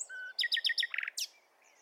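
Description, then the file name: Common nightingale song phrase: a thin whistle, four quick sharp descending notes, a brief rattling burst and a high sweeping note, then near silence. "Luscinia megarhynchos"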